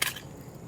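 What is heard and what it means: An APOC Survival Tools Torrent fixed-blade knife is drawn out of its retention sheath, giving a single sharp click at 0.0 s as the retention lets go. Only a faint low background hum follows, and the knife is released from the sheath.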